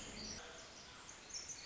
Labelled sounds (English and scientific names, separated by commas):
Pacific Wren (Troglodytes pacificus)